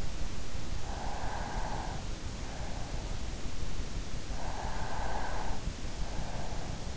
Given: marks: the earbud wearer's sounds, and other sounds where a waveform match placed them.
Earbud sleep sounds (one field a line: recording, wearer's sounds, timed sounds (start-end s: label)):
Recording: sounds in sleep by an in-ear microphone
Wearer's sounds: breath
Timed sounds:
0.48-2.42 s: breath
4.02-5.74 s: breath